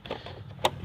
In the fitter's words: pop this down let the magnets click in place